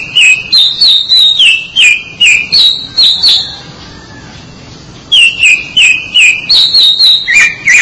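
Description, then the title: Oriental magpie-robin delivering fast, repeated whistled notes jumping between a lower and higher pitch, two long phrases split by a short pause. "Suara Kicauan Burung Kacer Durasi Panjang"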